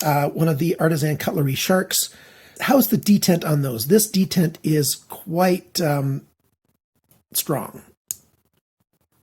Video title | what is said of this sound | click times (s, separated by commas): Review of the Artisan Cultery SHARK - 1707PS (1707P (4" blade) - 1707G -high end version) | can hear that click in when it closes and | 8.1 s